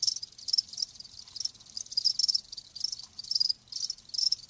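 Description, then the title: Cricket chirping: high, shrill pulsed trills in repeated bursts, with a faint low hum underneath. "Live Crickets Chirping"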